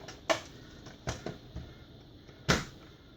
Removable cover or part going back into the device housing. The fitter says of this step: back in till we hear that click